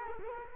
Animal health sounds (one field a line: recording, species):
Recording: mosquito wingbeat signal from an infrared sensor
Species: Culex quinquefasciatus